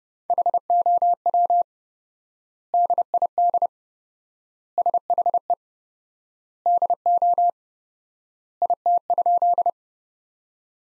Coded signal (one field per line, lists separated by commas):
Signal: Morse code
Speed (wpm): 32 wpm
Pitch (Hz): 700 Hz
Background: none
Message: HOW DID SHE DO IT?